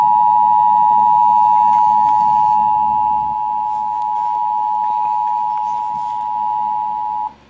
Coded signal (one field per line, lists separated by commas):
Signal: Emergency Alert System (SAME) tones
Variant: 853 and 960 Hz attention tone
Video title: Nuclear Bomb Prank from North Korea EAS #47